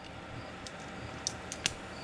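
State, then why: Seated. A hydraulic fitting with a wide o-ring on its smooth, unthreaded end is pushed into the hole on the hydraulic valve block of a Kubota BX rear remote kit, with faint ticks at 0.7, 1.3 and 1.5 seconds. It pops and snaps into place at 1.7 seconds with a sharp click, the snap showing a tight connection.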